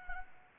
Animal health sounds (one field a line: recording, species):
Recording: mosquito wingbeat signal from an infrared sensor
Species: Anopheles arabiensis